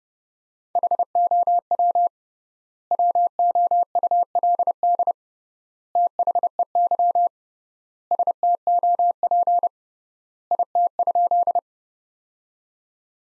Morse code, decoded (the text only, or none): HOW WOULD THEY STOP IT?